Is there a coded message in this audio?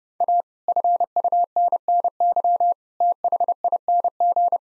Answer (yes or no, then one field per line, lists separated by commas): yes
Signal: Morse code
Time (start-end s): 0.2-4.6 s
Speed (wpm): 30 wpm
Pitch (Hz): 700 Hz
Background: none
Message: A FUNNY THING